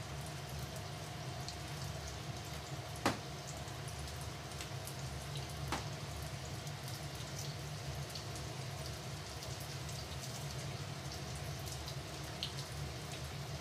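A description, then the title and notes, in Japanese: Deep-frying, a dense, steady sizzle and crackle that fills the clip from start to finish without letting up. Sharp pops stand out around three seconds and again near six, with small bright ticks scattered throughout, over a low constant hum. 揚げ物の音。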